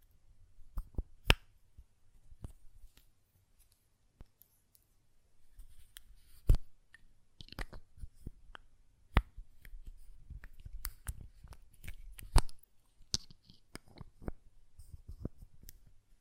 Glass Perfume Bottle Tapping & Lid Sounds